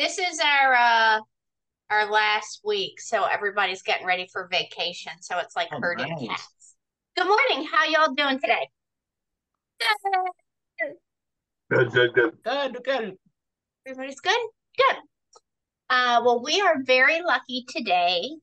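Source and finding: Adult woman. Normal speech.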